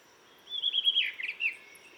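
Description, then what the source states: Blue rock thrush song fragment: a short burst of quick, slurred warbling notes lasting about one second, over faint steady hiss. On a cliff in the Dentelles de Montmirail, 12 March 2020, 7:25; sings all morning to mark territory, changing perches; Nagra seven with Telinga pro7.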